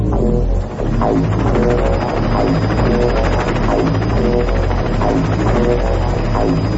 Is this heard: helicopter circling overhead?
yes